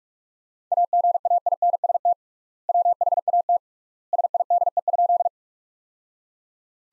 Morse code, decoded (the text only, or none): AGAINST WHAT SIDE?